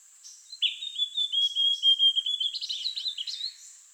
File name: Amazonian Grosbeak Cyanoloxia rothschildii